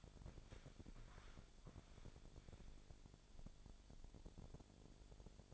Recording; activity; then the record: daily activity, microphone in the room; walk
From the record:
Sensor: 5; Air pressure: 1000.6 hPa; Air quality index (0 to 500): 135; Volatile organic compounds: 2 ppm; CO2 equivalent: 1054 ppm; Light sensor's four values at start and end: 45/105/43/45 and 45/105/43/45